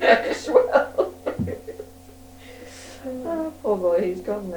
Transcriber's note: laughs